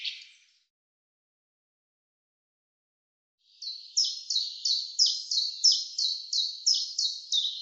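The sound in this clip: Common chaffinch song: the tail of one phrase, a pause, then a new series of sharp, high, evenly repeated notes, about three per second.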